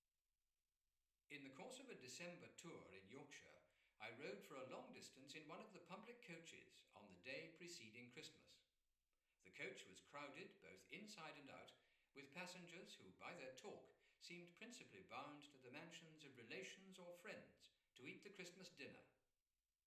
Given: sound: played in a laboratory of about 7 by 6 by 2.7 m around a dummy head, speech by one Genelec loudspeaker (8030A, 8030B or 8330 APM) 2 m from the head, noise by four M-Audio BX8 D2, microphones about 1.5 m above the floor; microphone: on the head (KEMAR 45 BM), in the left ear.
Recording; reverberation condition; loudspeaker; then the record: male speech in English; medium; 30 degrees to the left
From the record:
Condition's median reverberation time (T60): about 510 ms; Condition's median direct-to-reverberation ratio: about -0.5 dB